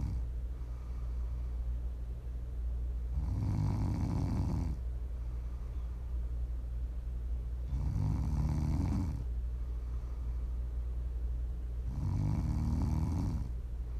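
Snoring from a sleeping adult: three loud snores about every 4.5 seconds, each lasting about 1.5 seconds, low-pitched and rumbling, with quieter breathing between them. Relaxing ASMR snoring.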